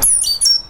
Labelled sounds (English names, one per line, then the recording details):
Stitchbird song
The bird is a male
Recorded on Tiritiri Matangi Island, New Zealand, in 2005
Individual 9, of nest box 11